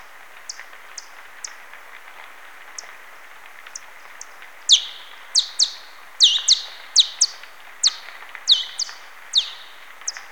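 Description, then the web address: Alcathoe bat echolocation calls: short downward-sweeping pulses, sparse and soft at first, then louder and quicker in irregular runs toward the end. "Pole Plecotus Echos des rhinos Son Alcathoe 1 Quentin Smits"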